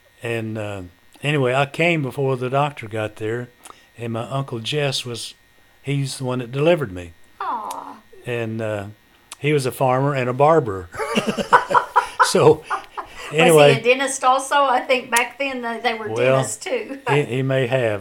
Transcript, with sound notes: And anyway, I came before the doctor got there and my Uncle Jesse, was-- he's the one that delivered me.
Ah.
And he was a farmer and a barber. (Laughter) So, anyway--
Was he a dentist also, I think back then they were dentist too--
Well, he may have.